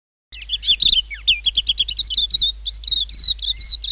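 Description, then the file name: White-eye song: a fast, continuous run of high, thin twittering chirps and short slurred whistles, bright and unbroken for nearly four seconds. "suara kicauan burung kacamata perak. omkicau"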